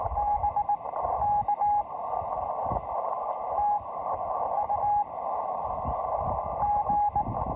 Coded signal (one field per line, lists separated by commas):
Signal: Morse code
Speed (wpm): 19 wpm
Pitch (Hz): 820 Hz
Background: radio noise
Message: BK TU G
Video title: The Coolest Location For A First CW POTA Activation